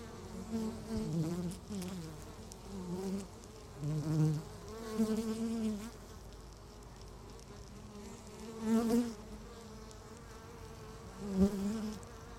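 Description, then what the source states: Honey bees droning, the hum swelling and fading in irregular surges as individual bees fly past several times. Beehive at Laren Gld., July 17th 2015; not a binaural recording.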